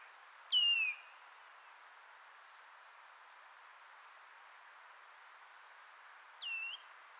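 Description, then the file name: Eurasian nuthatch calls, two brief high whistled notes about six seconds apart, over a steady hiss. "Sitta europaea"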